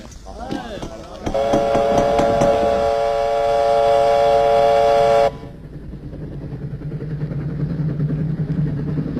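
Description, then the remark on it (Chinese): A train horn blares in one long, steady, loud blast for about four seconds, then the train keeps rolling along the rails at night with a low, continuous rumble and clatter. “晚上，老红带领飞虎队杀上火车，结果了山口。”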